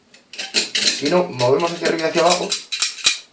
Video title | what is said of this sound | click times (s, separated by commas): Montaje Completo Walther P99 | hace clic Y es que ha engarzado con La teja | 2.7 s